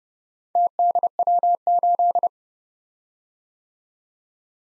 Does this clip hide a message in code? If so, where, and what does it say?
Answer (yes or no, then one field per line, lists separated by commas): yes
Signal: Morse code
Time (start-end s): 0.6-2.3 s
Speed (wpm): 30 wpm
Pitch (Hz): 700 Hz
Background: none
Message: TDW8